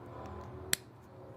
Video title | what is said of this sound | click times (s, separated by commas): Step By Step Land Rover Fuel Injector Swap Anyone Can Do! | and it it'll snap into place | 0.7 s